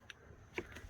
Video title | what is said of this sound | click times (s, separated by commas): UNAVI Carplay installation in a 2019 Infiniti QX60 | clip this last USB panel into place | 0.1 s, 0.6 s